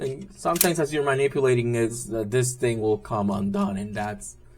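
Someone talks while handling a Dinoster Mosa Storm transforming toy robot, whose plastic waist tab has come undone from the waist joint. Only speech is heard, with a faint sharp sound at the very end. Nothing has seated or clicked yet.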